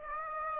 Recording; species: mosquito wingbeat signal from an infrared sensor; Aedes aegypti